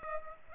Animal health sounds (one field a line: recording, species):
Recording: mosquito wingbeat signal from an infrared sensor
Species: Culex pipiens